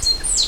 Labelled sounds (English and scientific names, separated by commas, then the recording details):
Stitchbird (Notiomystis cincta) song
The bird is a male
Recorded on Tiritiri Matangi Island, New Zealand, in 2005
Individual 10, of nest box 12